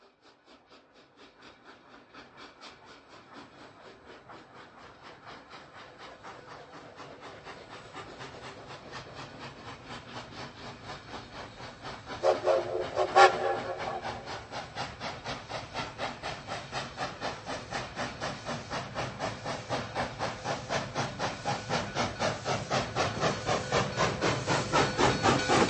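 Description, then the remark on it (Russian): A Petersburg–Revel passenger train pulls away from the Baltic Station at 11:55 at night, its steady rhythmic chugging gradually quickening and growing louder, with a sharp hissing burst of steam partway through. No one speaks. “Пассажирский поезд «Петербург-Ревель» отправлялся с Балтийского вокзала в 11 часов 55 минут ночи и имел в своем составе вагоны всех трех классов.”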